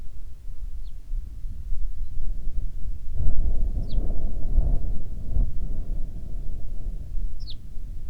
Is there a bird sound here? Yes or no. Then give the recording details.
yes. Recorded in the Prudhoe Bay oil fields, Alaska, on 9 June 2019 at 16:18. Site 21